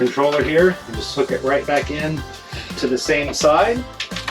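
Someone talks over background music while hooking a wired controller's cable plug back into the same-side socket on a Jenson RV stereo head unit. The plug is being handled, and nothing has seated or clicked yet.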